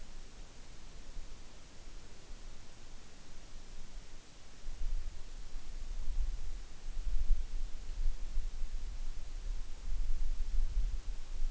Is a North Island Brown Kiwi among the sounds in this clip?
no